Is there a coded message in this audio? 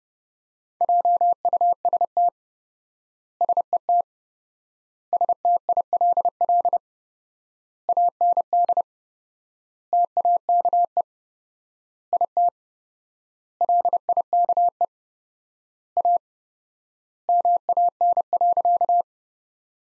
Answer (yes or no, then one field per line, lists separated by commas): yes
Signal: Morse code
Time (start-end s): 0.8-19.0 s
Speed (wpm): 32 wpm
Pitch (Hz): 700 Hz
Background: none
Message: JUST SET STILL AND TAKE IT LIKE A MAN.